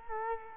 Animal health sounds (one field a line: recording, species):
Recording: mosquito wingbeat signal from an infrared sensor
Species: Culex quinquefasciatus